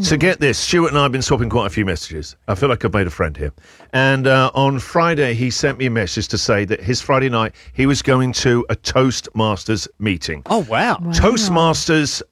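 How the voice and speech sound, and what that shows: A man talks fluently at an easy conversational pace with clear, steady voicing: ordinary normal speech.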